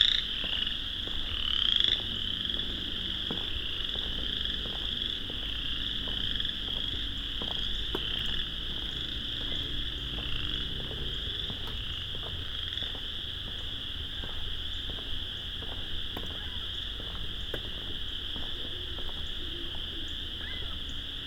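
A vast chorus of frogs fills the whole clip, a dense, steady wall of high trilling calls with no gaps. Sharp clicks and taps land every second or so, like footsteps on a walk, over a faint low rumble.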